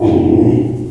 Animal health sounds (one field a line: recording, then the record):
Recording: squeal of a Yucatan mini pig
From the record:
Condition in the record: before surgery on the right vocal fold (resection and tissue-engineered implant)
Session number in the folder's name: 1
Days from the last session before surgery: -21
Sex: female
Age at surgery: 19 weeks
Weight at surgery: 25 kg